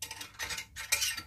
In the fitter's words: Là tac ça s'emboîte dessus sans problème.